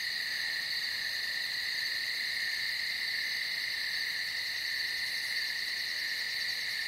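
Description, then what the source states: Cicada: an unbroken shrill chorus of cicadas, steady in pitch and loudness from start to finish. Cicadas heard in nature at night.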